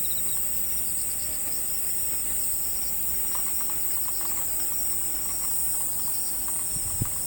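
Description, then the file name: Crickets keep up a high pulsing chorus, with a sharp thud near the end. "crikets"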